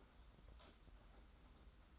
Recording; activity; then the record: daily activity, microphone in the room; typing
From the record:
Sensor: 3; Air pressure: 991.7 hPa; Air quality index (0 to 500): 187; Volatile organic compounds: 1000 ppm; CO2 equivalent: 6277 ppm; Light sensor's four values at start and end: 33/95/39/33 and 33/95/39/33